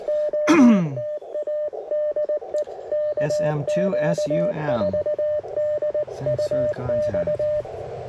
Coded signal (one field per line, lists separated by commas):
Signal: Morse code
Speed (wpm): 18 wpm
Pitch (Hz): 600 Hz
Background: speech, radio noise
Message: OTA DE KQ4DUX